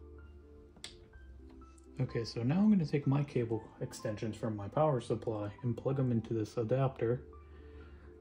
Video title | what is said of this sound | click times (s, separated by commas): My New GPU! Nvidia RTX 3060 TI Unboxing and how to Setup | you should hear a snap | 0.8 s